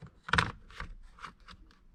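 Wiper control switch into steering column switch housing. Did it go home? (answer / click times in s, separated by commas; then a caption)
yes / 0.3 s. A new plastic variable wiper stalk switch on a 5th-generation Toyota RAV4 is slid into its socket on the steering column switch housing and clicks into place at about 0.3 s, with a sharp burst among several short clicks. Quieter plastic rattles and scrapes follow, and the switch is seated.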